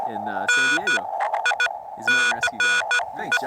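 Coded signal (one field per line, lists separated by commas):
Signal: Morse code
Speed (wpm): 14 wpm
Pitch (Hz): 1460 Hz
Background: speech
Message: NICE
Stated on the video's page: Heard during a first park activation on a backpacking trip to an Eastern Sierra lake.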